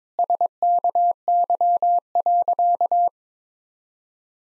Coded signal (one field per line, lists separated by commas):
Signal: Morse code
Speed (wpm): 22 wpm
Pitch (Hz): 700 Hz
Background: none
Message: SKY.